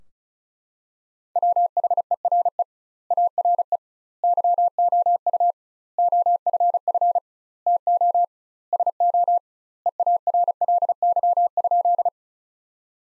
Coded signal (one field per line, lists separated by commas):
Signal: Morse code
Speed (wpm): 34 wpm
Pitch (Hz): 700 Hz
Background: none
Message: WHERE ARE YOU OFF TO SO EARLY?